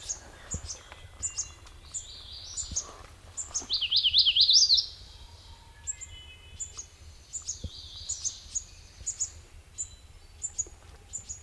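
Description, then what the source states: MacGillivray's warbler singing a quick rattling zigzag phrase midway, with softer phrases before and after, amid steady high chipping notes and low background hum. Recorded on 9 June 2002; six songs.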